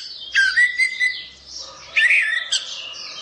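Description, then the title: Orange-headed thrush singing a short phrase: a clear level whistle followed by a buzzy, scratchy burst of high notes. "Anis Merah"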